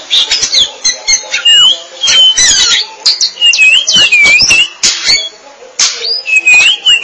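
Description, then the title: Oriental magpie-robin: loud song with sweeping whistles, sharp clicks and squeaky notes in dense phrases. Chirping song (kicauan) of the bird. "Suara Kicauan Burung Kacer Durasi Panjang"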